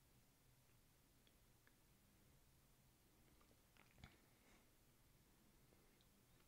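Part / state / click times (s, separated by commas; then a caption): plastic safety eye in a crocheted amigurumi body / not seated / none. A plastic safety eye is placed and adjusted between the stitches of a crocheted amigurumi body before its plastic washer backing is pushed on. Quiet, faint rustling handling sounds are heard, with one brief soft bump at about 4.0 s. The washer has not been clicked on yet and nothing has seated or clicked.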